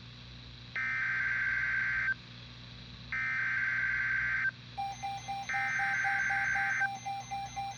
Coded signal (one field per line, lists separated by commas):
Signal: Emergency Alert System (SAME) tones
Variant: header bursts